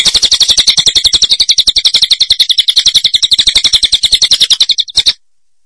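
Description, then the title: Bird song: a rapid, steady run of sharp, high chirps lasting about five seconds before stopping abruptly. "burung online"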